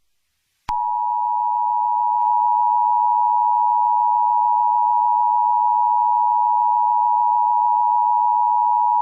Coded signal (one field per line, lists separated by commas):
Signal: Emergency Alert System (SAME) tones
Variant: 853 and 960 Hz attention tone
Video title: EAS Scenario #12 | The Springtrap Killer | A FNAF Scenario